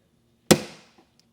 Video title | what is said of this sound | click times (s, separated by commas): Spar Trunk Side Light Installation Video | You hear it snap like that, and then | 0.5 s